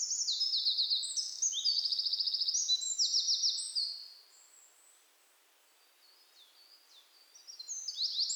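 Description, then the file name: Eurasian wren song, a shrill rush of high notes and buzzy rapid trills for about four seconds, fading to quiet before a new loud burst begins at the end. "Troglodytes troglodytes"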